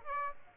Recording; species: mosquito wingbeat signal from an infrared sensor; Aedes aegypti